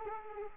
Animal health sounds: mosquito wingbeat signal from an infrared sensor; Anopheles arabiensis

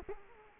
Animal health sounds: mosquito wingbeat signal from an infrared sensor; Culex quinquefasciatus

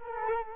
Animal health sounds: mosquito wingbeat signal from an infrared sensor; Culex quinquefasciatus

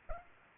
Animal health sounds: mosquito wingbeat signal from an infrared sensor; Culex pipiens

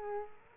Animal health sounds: mosquito wingbeat signal from an infrared sensor; Aedes aegypti

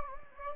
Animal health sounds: mosquito wingbeat signal from an infrared sensor; Anopheles gambiae

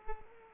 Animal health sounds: mosquito wingbeat signal from an infrared sensor; Culex pipiens

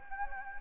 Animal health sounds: mosquito wingbeat signal from an infrared sensor; Anopheles gambiae

